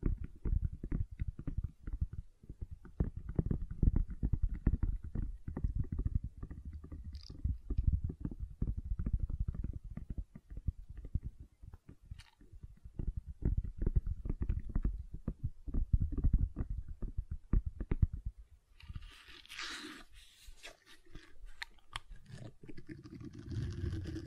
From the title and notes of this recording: ASMR Gentle Silicon Sounds for Sleep (No Talking).